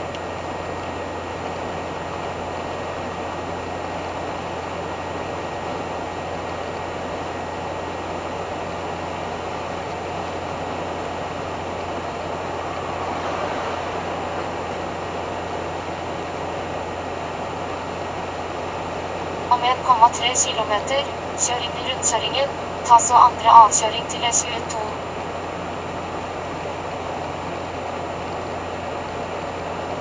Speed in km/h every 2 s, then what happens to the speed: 78, 78, 78, 78, 79, 79, 79, 78, 79, 79, 79, 79, 79, 79, 79.
0-30 steady at about 79.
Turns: none.